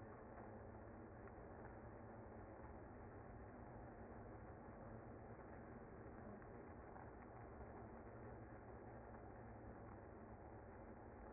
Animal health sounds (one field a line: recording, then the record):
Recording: honeybee colony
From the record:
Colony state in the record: active